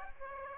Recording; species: mosquito wingbeat signal from an infrared sensor; Aedes aegypti